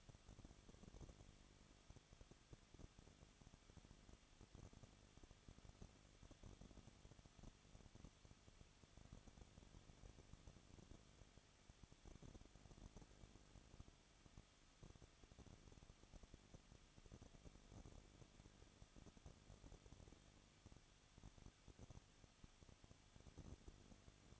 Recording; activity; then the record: daily activity, microphone in the room; no activity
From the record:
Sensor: 4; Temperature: 23.0 degrees Celsius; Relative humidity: 34.6%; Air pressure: 1007.2 hPa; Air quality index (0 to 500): 216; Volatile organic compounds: 15 ppm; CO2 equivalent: 2500 ppm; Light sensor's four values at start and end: 2/3/1/1 and 2/3/1/1